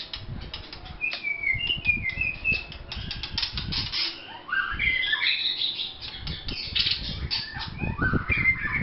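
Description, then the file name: White-rumped shama song: varied whistled phrases and slurred notes over a constant low rumbling background noise. Vietnam. "shama vietnam omkicau"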